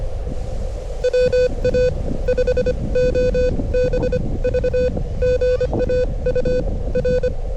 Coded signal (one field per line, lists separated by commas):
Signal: Morse code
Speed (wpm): 24 wpm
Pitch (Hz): 500 Hz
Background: none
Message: WA5OBV GA UR